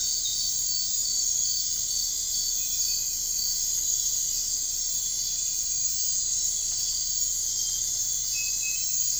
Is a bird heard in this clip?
no